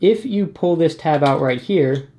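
Someone talks while pulling out the tab of the centre kickstand on a rugged Samsung Galaxy Note 9 phone case, with speech filling the whole clip and no distinct mechanical sound. The clip ends before the kickstand locks into its open position; nothing has seated or clicked yet.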